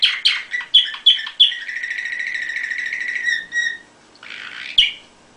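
Canary song: several sharp chirps followed by a long sustained rolling trill, a short pause, then a soft buzzy note and one more chirp.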